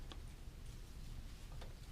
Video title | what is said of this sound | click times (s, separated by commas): P220 Video2 Setup and Usage | this part of its complete you can just snap close the ink cartridge side | 0.1 s